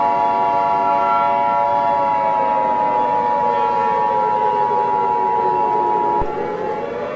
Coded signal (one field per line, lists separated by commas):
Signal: Emergency Alert System (SAME) tones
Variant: 853 and 960 Hz attention tone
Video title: EAS Scenario 4: You Will Pay